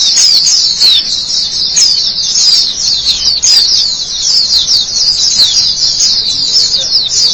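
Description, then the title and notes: White-eye singing a fast, unbroken stream of high, sweet twittering notes, sliding down and up in quick succession. "Suara kicauan burung pleci"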